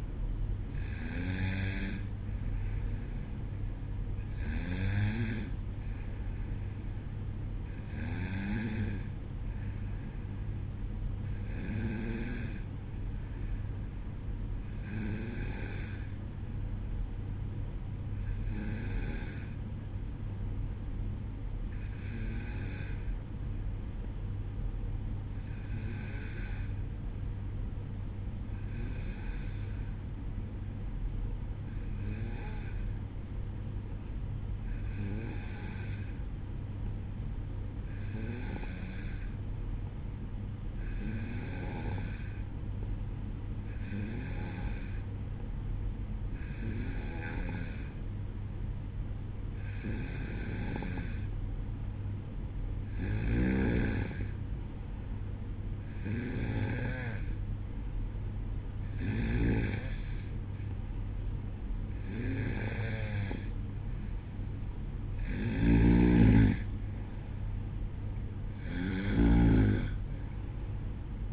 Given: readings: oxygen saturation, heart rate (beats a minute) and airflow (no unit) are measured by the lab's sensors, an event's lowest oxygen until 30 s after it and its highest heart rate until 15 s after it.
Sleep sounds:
breathing in sleep by a smartphone at the bedside; 1
15.00-51.00 s: hypopnea (N2, oxygen 95% highest, then 92% lowest, heart rate 61 at the start, 64 highest)
From the record:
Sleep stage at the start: N2 (light sleep); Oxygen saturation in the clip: 92 to 95%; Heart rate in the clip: 60 to 65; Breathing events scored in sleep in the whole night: 305 in 9.6 hours asleep

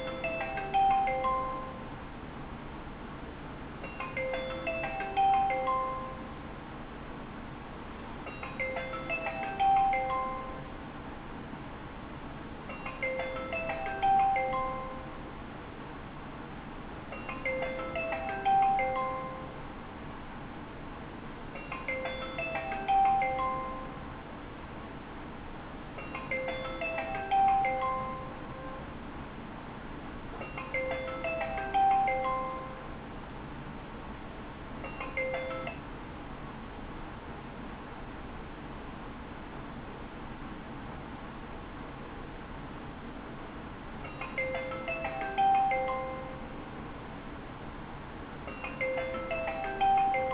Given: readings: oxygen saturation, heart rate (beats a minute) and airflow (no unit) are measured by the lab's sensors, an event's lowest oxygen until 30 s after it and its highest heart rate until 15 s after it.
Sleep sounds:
a person awake in a sleep study, by a voice recorder at the bedside; none
0.00-50.34 s: awake
From the record:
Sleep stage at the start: awake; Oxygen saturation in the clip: 95 to 96%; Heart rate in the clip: 39 to 78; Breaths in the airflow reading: 19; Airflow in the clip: -7.4 to 7.7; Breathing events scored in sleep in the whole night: 216 in 7.0 hours asleep

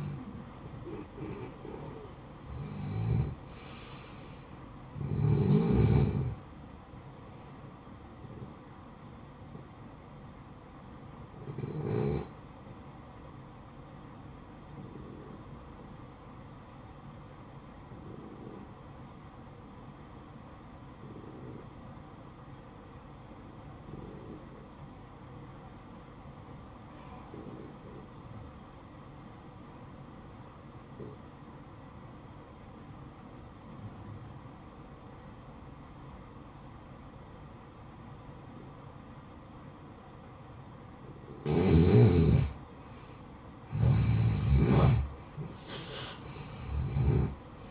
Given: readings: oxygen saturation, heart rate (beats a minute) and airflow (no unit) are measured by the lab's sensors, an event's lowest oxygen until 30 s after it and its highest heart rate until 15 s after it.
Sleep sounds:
breathing in sleep by a smartphone at the bedside; 1
18.00-42.60 s: obstructive apnea (N1, oxygen 95% highest, then 86% lowest, heart rate 57 at the start, 70 highest)
From the record:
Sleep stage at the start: N1 (lightest sleep); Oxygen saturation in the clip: 86 to 95%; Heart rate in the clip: 55 to 68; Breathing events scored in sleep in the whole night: 573 in 9.8 hours asleep

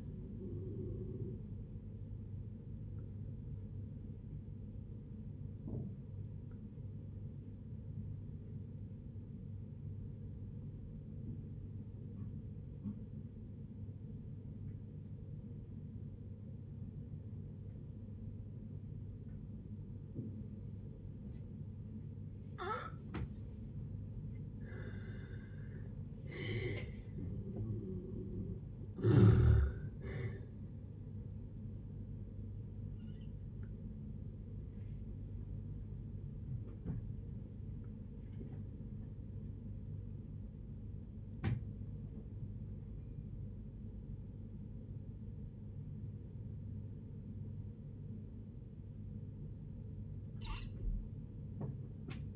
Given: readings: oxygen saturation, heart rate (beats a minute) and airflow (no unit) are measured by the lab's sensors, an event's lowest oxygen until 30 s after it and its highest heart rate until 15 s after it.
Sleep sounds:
a person awake in a sleep study, by a smartphone at the bedside; none
0.00-52.36 s: awake
0.00-52.36 s: awake
From the record:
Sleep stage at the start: awake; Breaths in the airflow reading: 20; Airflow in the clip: -0.7 to 0.7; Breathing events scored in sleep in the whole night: 496 in 5.4 hours asleep

